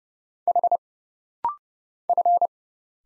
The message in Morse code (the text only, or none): H F